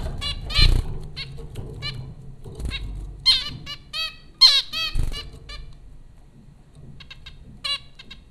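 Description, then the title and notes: Zebra finch calls, loud nasal beeps, some with a drooping tail, in loose clusters, then fainter calls toward the end over a quiet low hum. Four zebra finches at Popcorn School, Flatbush, Brooklyn, New York, USA, recorded April 15, 2009. "Dronecast No. 030: The Popcorn Finches Four from Apr 15, 2009. Zebra finches recorded by Dan Bodah at Popcorn School, Flatbush, Brooklyn NY in April 2009"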